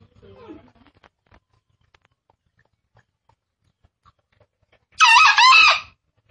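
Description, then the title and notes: Green junglefowl giving a single loud, rasping two-part crow near the end, after several seconds of faint clicks and soft low sounds. Recording offered as a lure for junglefowl (pemikat), described as real sound. "Panggilan Ayam Hutan. Master Suara Ayam Hutan Hijau Real Sound Green Jungle Fowl. Pemikat Ayam Hutan"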